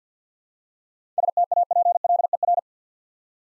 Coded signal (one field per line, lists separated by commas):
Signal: Morse code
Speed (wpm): 51 wpm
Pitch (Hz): 700 Hz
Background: none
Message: STAPLER